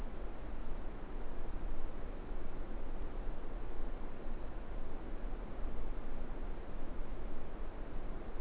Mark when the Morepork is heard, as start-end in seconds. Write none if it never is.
none